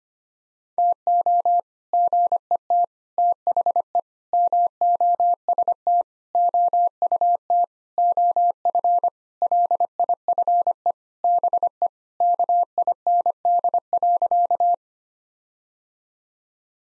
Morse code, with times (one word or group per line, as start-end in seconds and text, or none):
0.8-1.6 TO
1.9-2.8 GET
3.2-4.0 THE
4.3-6.0 MOST
6.3-7.6 OUT
8.0-9.1 OF
9.4-10.9 LIFE
11.2-11.9 BE
12.2-14.7 KIND.